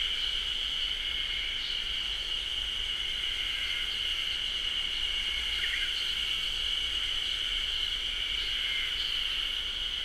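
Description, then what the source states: Ezo haru cicadas singing as a massed chorus, an even, ringing buzz that carries on without breaks. Chorus in a beech forest, Japan; recorded with a ZOOM H6.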